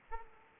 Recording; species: mosquito wingbeat signal from an infrared sensor; Aedes aegypti